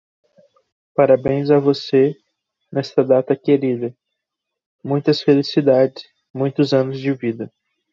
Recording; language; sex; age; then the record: short text; Brazilian Portuguese; male; 20 to 29 years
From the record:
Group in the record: control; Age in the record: 28 years